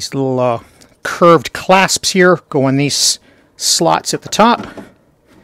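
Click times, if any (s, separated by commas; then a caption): none. Someone talks while refitting the plastic front cover of an IBM & Lenovo 5396 LCD tower UPS after its battery module was replaced, hooking the cover's curved clasps into the slots at the top of the chassis. Only speech is heard, with no distinct handling sounds. The cover is still being handled and has not snapped into place yet.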